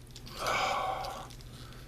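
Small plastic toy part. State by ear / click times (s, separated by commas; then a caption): not seated / none. A plastic part of a Transformers Generations Autobot Orion Pax transforming robot action figure is pushed toward its locked position, making a soft, breathy rasp of plastic strain that swells around 0.5–1.2 seconds, with a few faint ticks. The part fails to go in, and nothing has seated or clicked yet.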